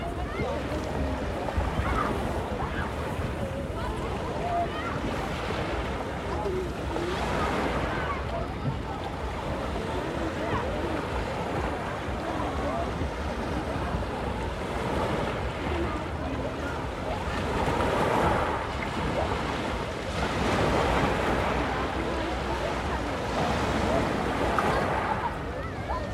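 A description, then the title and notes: Surf washes steadily on a beach, a dense, even roar with gentle swells of waves breaking every few seconds. Faint voices seem to drift in underneath, and a low, steady rumble, perhaps wind or an engine, stays constant throughout. A sunny day at the beach.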